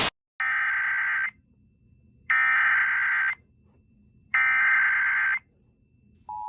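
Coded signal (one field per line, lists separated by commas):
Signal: Emergency Alert System (SAME) tones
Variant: header bursts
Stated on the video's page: Fictional EAS scenario for a missing child, simulated alert.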